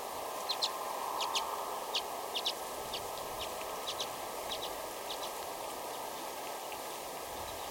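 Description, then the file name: Common redpoll giving faint, dry chattering notes in short clusters, heard over a steady background hiss and a constant low hum. "Acanthis flammea - Common Redpoll"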